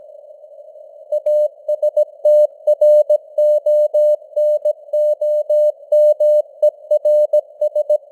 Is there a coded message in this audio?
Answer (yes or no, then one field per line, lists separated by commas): yes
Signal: Morse code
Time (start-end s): 1.1-8.0 s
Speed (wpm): 17 wpm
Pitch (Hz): 600 Hz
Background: none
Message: ASTRONOMERS